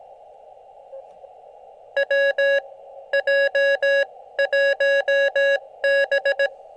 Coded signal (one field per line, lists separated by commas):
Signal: Morse code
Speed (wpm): 20 wpm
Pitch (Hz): 590 Hz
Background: music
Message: WJ1B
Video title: Can I get 89 contacts on QRP to get the KILO - Live POTA CW activation